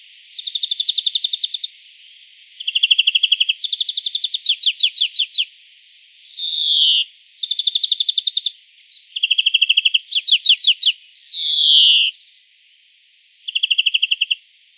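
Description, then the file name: European greenfinch giving rapid rolling trills alternating at two pitches, broken twice by a harsh, buzzy downward wheeze, with twittering notes between. "Chloris chloris"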